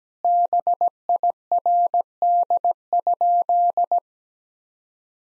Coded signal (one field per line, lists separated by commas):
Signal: Morse code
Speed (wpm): 17 wpm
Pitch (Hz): 700 Hz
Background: none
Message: BIRD?